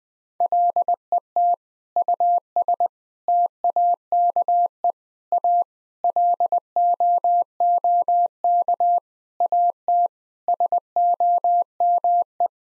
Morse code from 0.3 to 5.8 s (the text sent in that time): LET US TAKE A